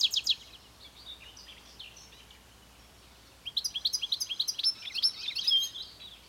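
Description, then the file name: European goldfinch with a few quick chirps, a soft warbling stretch, then a louder run of fast tinkling twitters over light background noise. "Carduelis carduelis"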